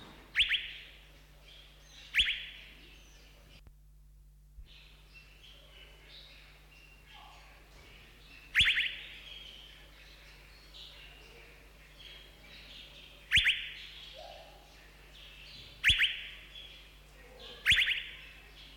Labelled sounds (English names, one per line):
Asian Fairy-bluebird